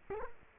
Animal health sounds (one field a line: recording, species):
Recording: mosquito wingbeat signal from an infrared sensor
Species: Culex quinquefasciatus